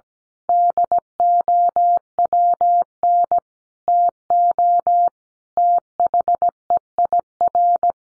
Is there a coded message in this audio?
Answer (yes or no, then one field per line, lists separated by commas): yes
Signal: Morse code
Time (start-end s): 0.5-7.9 s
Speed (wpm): 17 wpm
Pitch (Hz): 700 Hz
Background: none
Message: DOWN TO THEIR